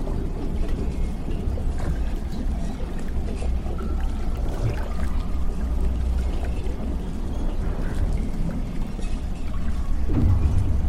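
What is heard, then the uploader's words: A damaged underwater lab hums with a steady, heavy low rumble that stays dense and constant throughout. Faint liquid trickles and scattered small creaks drift through the murk, and a brief metallic groan rises near the end around ten seconds. Warning!! you are in the damaged underwater lab. Sci-fi ambience.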